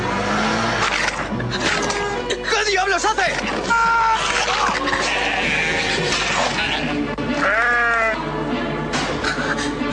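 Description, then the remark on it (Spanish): Sheep bleat repeatedly in wavering, quavering cries that rise and fall in pitch, scattered over a loud, busy background of clatter and overlapping voices. “Malditos animales. ¡Oh, Dios mío! A las ovejas les pasa algo.”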